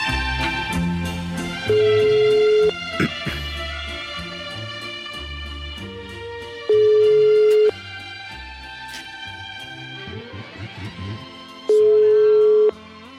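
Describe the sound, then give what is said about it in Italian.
A telephone rings in three steady, evenly spaced bursts of about a second each, a flat mid-pitched electronic tone sounding over busy background music. “No, suona il telefono, non l'armonica.”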